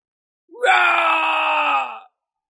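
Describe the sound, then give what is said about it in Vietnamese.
A single loud, raspy roaring scream rises sharply, holds steady for about a second and a half, then breaks off abruptly. It stands alone with no talking. “Lại là một tiếng rống to, Chí Tùng, vị thứ ba vọt ra, toàn thân đẫm máu, ở nơi đó lão đảo sắp ngã xuống, tiếng gào bi thương vang vọng trên trời dưới đất.”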